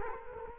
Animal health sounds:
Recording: mosquito wingbeat signal from an infrared sensor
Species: Culex quinquefasciatus

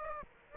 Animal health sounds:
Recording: mosquito wingbeat signal from an infrared sensor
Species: Aedes aegypti

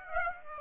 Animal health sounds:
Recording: mosquito wingbeat signal from an infrared sensor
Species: Aedes aegypti

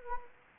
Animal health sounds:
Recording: mosquito wingbeat signal from an infrared sensor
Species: Anopheles gambiae

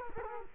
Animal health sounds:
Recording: mosquito wingbeat signal from an infrared sensor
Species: Culex quinquefasciatus

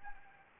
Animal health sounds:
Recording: mosquito wingbeat signal from an infrared sensor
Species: Anopheles arabiensis

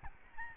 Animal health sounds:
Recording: mosquito wingbeat signal from an infrared sensor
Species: Aedes albopictus

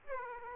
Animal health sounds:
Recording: mosquito wingbeat signal from an infrared sensor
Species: Aedes aegypti

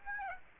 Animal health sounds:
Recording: mosquito wingbeat signal from an infrared sensor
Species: Aedes aegypti

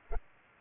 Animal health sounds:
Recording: mosquito wingbeat signal from an infrared sensor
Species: Culex pipiens

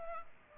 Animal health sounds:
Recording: mosquito wingbeat signal from an infrared sensor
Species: Culex pipiens

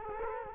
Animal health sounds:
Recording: mosquito wingbeat signal from an infrared sensor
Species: Culex quinquefasciatus

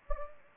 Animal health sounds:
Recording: mosquito wingbeat signal from an infrared sensor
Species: Anopheles gambiae

